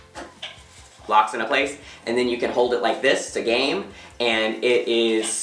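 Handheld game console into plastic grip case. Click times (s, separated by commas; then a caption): 0.4 s. A Nintendo Switch Lite Zacian and Zamazenta Edition handheld game console slides into a plastic grip case and locks in place with a single sharp snap at 0.4 s. Afterward, someone talks.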